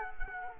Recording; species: mosquito wingbeat signal from an infrared sensor; Culex quinquefasciatus